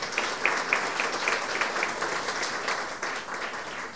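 An audience applauds steadily, a dense wash of many hands clapping at an even, moderate level for several seconds with no voices over it.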